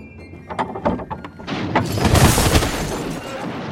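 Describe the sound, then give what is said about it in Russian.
Several sharp metallic clicks and scrapes as a heavy bolt is drawn from its slots at Ivry castle, Île-de-France, followed by a loud booming impact as a captain kicks the door open, with rattling and a dense crash that fades out. “Звук вынимаемого из пазов засова практически совпал с могучим пинком капитанской правой.”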